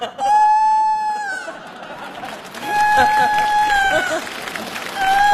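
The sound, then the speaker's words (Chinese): A rooster crows in long, high, sustained calls, three in a row with short gaps, loud over a busy background of murmuring and noise. “这咋还打鸣呢？”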